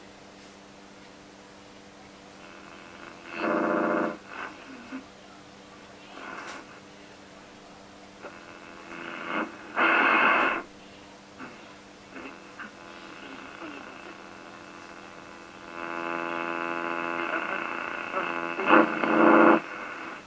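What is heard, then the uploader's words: An old tube radio is tuned across the dial, with a steady buzzing hum carrying stacked tones beneath hiss. Brief bursts of louder static and garbled station sound pop up near 3.5, 10 seconds, and fill most of the last five seconds. Tube Radio tuning. Acconditioning the tuner tubes.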